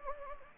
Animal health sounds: mosquito wingbeat signal from an infrared sensor; Anopheles gambiae

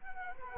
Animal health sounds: mosquito wingbeat signal from an infrared sensor; Culex quinquefasciatus

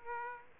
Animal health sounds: mosquito wingbeat signal from an infrared sensor; Aedes aegypti

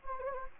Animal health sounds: mosquito wingbeat signal from an infrared sensor; Anopheles gambiae

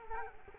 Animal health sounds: mosquito wingbeat signal from an infrared sensor; Culex quinquefasciatus

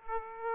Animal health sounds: mosquito wingbeat signal from an infrared sensor; Aedes aegypti

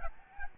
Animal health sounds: mosquito wingbeat signal from an infrared sensor; Aedes albopictus

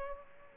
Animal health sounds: mosquito wingbeat signal from an infrared sensor; Aedes aegypti

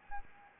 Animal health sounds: mosquito wingbeat signal from an infrared sensor; Anopheles gambiae

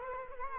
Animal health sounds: mosquito wingbeat signal from an infrared sensor; Culex quinquefasciatus

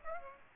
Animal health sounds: mosquito wingbeat signal from an infrared sensor; Aedes aegypti

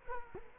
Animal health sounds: mosquito wingbeat signal from an infrared sensor; Culex quinquefasciatus

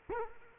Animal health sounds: mosquito wingbeat signal from an infrared sensor; Culex quinquefasciatus

